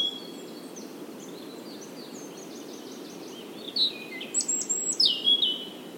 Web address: SETE Erithacus rubecula